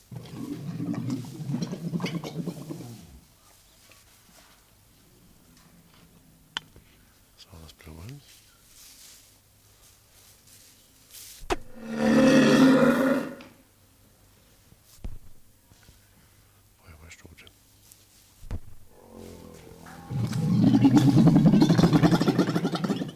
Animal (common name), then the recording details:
One-humped Camel. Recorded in captivity. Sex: pair. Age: adult. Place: Zoo Rostock, Mecklenburg-Vorpommern, DE. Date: 1984-02-02 13:36. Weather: overcast, 2°C. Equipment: Nagra SN, Kopie Uher 4000 Report Monitor. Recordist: Tembrock, Günter. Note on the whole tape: Paar: Dehnungslaute, Männchen: Blubbern